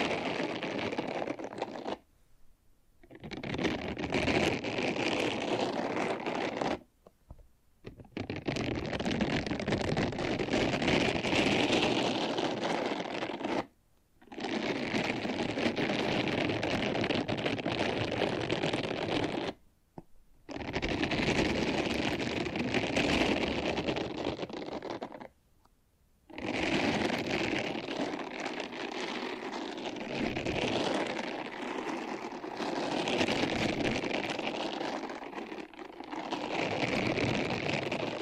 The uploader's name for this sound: First Person Triggers Ear Scratching, Face Brushing etc (No Talking)